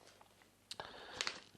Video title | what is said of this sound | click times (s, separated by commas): méhari montage 72 partie 2 | Si vous les mettez bien dedans, on entend un clic, ça tient. | 1.2 s